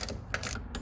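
A click-type torque wrench tightens a top strut mount bolt to 20 ft-lbs on a Lexus LS400 (Celsior) suspension. A few faint ratcheting ticks are heard, then the wrench gives a quiet, sharp click at 0.3 s, followed by a couple of softer ticks. The click confirms the bolt has reached its torque setting.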